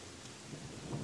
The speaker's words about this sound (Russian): Начинался очередной в этот день грозовой дождь, и я решил переждать в ближайшем магазине.